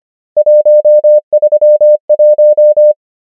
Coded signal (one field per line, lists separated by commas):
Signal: Morse code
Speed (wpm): 25 wpm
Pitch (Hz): 600 Hz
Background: none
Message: 1 3 1